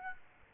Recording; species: mosquito wingbeat signal from an infrared sensor; Aedes aegypti